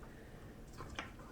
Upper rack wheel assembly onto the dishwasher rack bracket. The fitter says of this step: it down it clicks into place like that